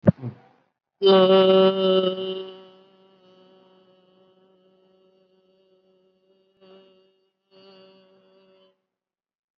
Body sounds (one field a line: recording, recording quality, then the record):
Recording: sustained vowel as in made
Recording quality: excellent, no background noise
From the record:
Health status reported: COVID-19 positive, moderate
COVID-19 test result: positive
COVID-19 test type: RT-PCR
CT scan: taken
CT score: 8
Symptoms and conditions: cough, cold, breathing difficulty, fever, fatigue, loss of smell and taste, another condition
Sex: female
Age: 43 years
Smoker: no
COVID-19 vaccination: none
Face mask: worn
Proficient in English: no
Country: India